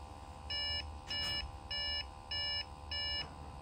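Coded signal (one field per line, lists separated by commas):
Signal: beep code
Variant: Dell BIOS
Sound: five short, evenly spaced electronic beeps over a low steady hum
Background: fan noise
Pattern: 5 short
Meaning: Five beeps on a Dell desktop means the CMOS battery has failed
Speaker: This is a desktop computer from the Dell brand. In the case of those five rapid continuous beeps, the cause is a dead COS battery.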